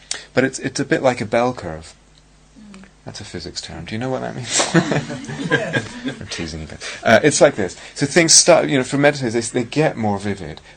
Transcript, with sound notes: But it's a bit like a bell curve. That's a physics term. Do you know what that means? [laughter] It's like this. So things start -- you know, for meditators, they get more vivid.